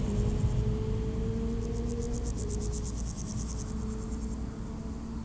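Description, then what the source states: Grasshoppers stridulating in a high, rapidly pulsed buzz over steady low traffic rumble with faint sustained tones underneath. Beside the D633 road at Aveize, France, with passing cars; Sony PCM-M10 recorder, AB microphone position.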